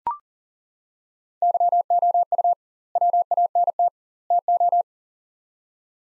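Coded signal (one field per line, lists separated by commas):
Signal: Morse code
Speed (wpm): 39 wpm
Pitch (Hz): 700 Hz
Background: none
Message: YOU WANT TO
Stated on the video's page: Morse practice of three-word sets at 40 wpm with double word spacing, a Farnsworth-like method, each set sent then spoken.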